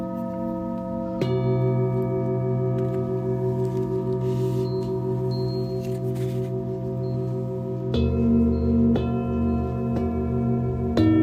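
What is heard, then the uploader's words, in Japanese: Singing bowls ring in a sound healing session, their long tones layered and sustained with a slow, wavering pulse. Fresh strikes land near the start and again around eight, nine and eleven seconds, each brightening and swelling the hum before it settles back. メキシコから シンギングボウルのサウンドヒーリング ライブ。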